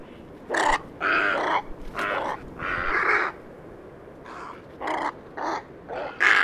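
Dimorphic egret giving harsh, raspy croaks in an uneven series, some short and some drawn out, with brief gaps between bursts.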